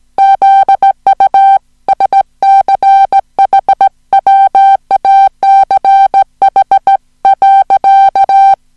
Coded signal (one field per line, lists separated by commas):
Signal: Morse code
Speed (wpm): 17 wpm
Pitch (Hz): 780 Hz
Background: music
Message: ZU SCHWACH .